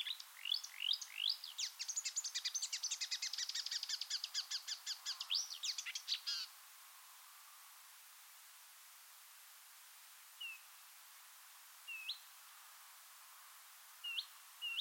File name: suara-kicauan-burung-marsh-warbler omkicau